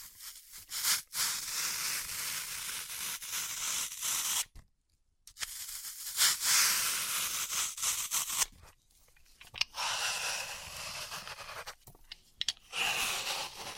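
Floral foam being cut and crushed, a dense, bright crackling and crunching that comes in bursts of a second or more. Brief silent gaps break it up, notably near 4.5 to 5 seconds and around 8.5 seconds, with sharp ticks near 12 seconds.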